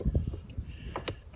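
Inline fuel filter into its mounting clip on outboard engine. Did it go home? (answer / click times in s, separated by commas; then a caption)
yes / 1.1 s. An inline fuel filter on a Mercury outboard engine is pushed back into its mounting clip by hand, with soft handling and rustling sounds before it. It snaps into place with one loud, sharp click at 1.1 s, confirming the filter is seated.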